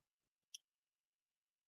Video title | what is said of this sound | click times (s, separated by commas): LIVE🔴 LDO Box Turtle Build Pt 2 - With Tor! | pops right in | 0.6 s